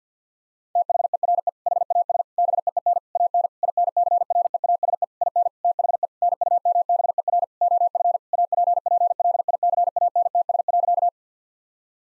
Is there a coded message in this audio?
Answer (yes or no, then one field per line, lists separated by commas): yes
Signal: Morse code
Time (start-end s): 0.8-11.1 s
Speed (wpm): 50 wpm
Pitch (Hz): 700 Hz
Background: none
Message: THERE HAS BEEN AN INCREASE IN THE NUMBER OF APPLICANTS.